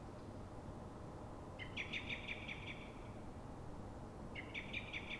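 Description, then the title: Common blackbird alarm rattle: a long run of sharp, rapidly repeated notes, then a second run after a short gap, over low steady background noise. Alarm call of a frightened or threatened bird at dawn in Fuenlabrada, Madrid, Spain, twenty minutes after earlier calls; probably reacting to a second blackbird heard distantly early on; Zoom H1n recorder. "Pl. de Francisco Escolar, 10, 28944 Fuenlabrada, Madrid, España - Mirlo asustado"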